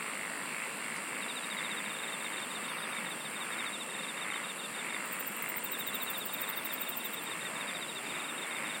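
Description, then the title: Insect chorus with a dense hiss and thin, rapidly pulsed trills starting and stopping, one very high train in the second half. "SINGING OF INSECTS"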